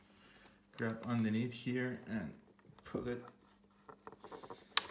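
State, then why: Released. Someone talks while grabbing underneath a plastic rear fairing panel on a 2019/2020 BMW S1000RR motorcycle and pulling it hard. A few faint taps and creaks follow, then the panel's snap-on clip lets go with a loud, sharp snap at 4.8 s, releasing the fairing.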